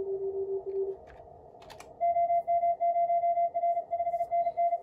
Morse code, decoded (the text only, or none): OM0R 5NN